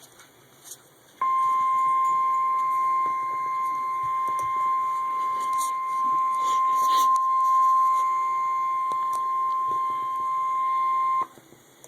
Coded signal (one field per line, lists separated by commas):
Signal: Emergency Alert System (SAME) tones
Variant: 1050 Hz attention tone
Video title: Real EAS #21- Tornado Warning- Thursday, December 22, 2011